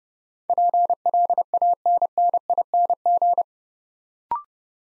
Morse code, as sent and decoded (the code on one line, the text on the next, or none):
.--. .-.. .- -. -. .. -. --.
PLANNING